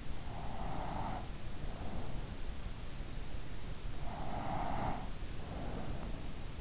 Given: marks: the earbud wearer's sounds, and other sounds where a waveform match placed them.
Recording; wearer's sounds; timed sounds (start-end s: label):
sounds in sleep by an in-ear microphone; breath
0.10-2.63 s: breath
3.93-6.61 s: breath